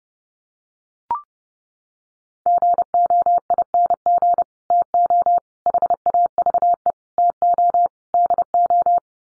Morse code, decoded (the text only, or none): GOING TO HAVE TO DO